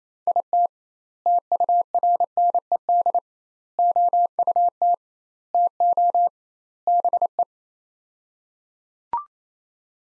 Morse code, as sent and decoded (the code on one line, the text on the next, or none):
.. - / - ..- .-. -. . -.. / --- ..- - / - --- / -... .
IT TURNED OUT TO BE